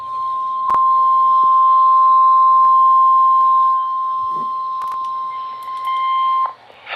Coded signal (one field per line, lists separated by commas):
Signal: Emergency Alert System (SAME) tones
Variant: 1050 Hz attention tone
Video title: EAS Flood Warning #2 (From PHI) 7/9/25 (Credit Goes To @SouthernPennsylvaniaWX)